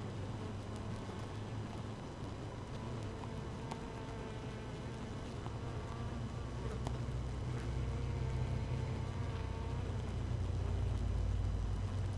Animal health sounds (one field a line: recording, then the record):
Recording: honeybee colony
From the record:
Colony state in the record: active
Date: 12 June 2018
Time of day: 6:58